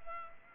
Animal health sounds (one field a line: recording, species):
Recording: mosquito wingbeat signal from an infrared sensor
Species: Culex pipiens